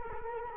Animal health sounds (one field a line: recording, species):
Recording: mosquito wingbeat signal from an infrared sensor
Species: Culex quinquefasciatus